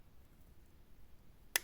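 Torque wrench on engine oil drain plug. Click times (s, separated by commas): 1.6 s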